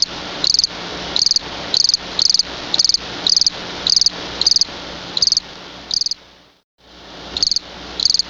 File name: Grillo (Gryllus campestris)